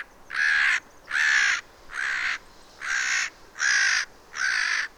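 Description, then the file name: Eurasian jay giving harsh, rasping screeches, six in a row, each about half a second long, repeated at a steady pace with short quiet gaps between them. "Garrulus glandarius"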